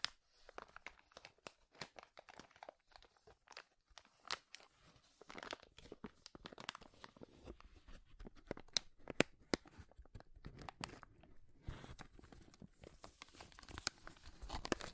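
Loud crinkling of paper or plastic in dense, irregular bursts of sharp crackles, thinning in places and growing busier toward the end.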